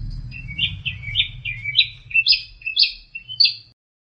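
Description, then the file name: Long-tailed shrike song: a quick string of chirpy, slurred notes rising and falling, ending abruptly in silence. Master song recording used for training songbirds. "cendet-master 2-omkicau"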